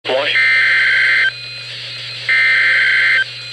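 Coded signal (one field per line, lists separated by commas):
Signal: Emergency Alert System (SAME) tones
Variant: header bursts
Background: speech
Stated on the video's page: NOAA Weather Radio severe thunderstorm warning from a Madison, Wisconsin transmitter.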